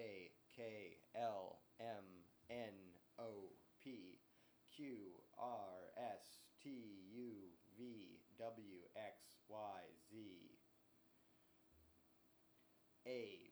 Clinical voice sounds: letters of the alphabet, spoken; free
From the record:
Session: seven days later

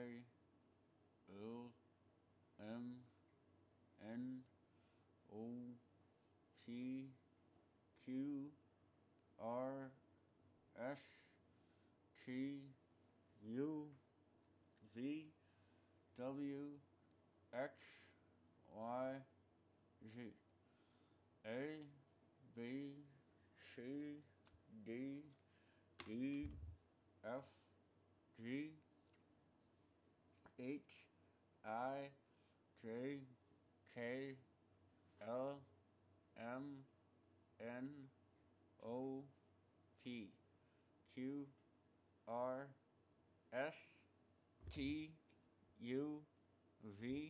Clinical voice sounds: letters of the alphabet, spoken; constrained by a bite bar between the teeth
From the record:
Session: first day, right after the free take

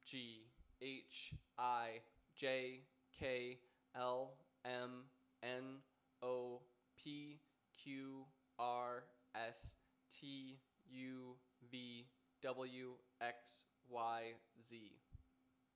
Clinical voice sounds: letters of the alphabet, spoken; free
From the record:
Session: first day, before the bite bar

